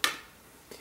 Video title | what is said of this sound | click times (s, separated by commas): Samsung note 2 in December 2021 | So it pops right off. | 0.0 s